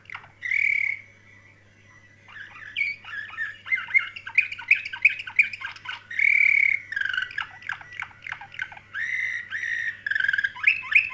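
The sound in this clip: Canary song: varied chirps, trills and warbled phrases, with a few long sustained notes, sung continuously with brief pauses; faint low hum throughout.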